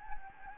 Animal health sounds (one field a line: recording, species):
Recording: mosquito wingbeat signal from an infrared sensor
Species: Anopheles gambiae